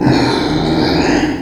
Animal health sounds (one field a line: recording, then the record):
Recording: squeal of a Yucatan mini pig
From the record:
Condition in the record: before surgery on the right vocal fold (resection and tissue-engineered implant)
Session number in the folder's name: 2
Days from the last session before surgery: -15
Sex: female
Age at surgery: 19 weeks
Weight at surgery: 25 kg